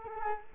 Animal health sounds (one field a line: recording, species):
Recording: mosquito wingbeat signal from an infrared sensor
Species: Culex quinquefasciatus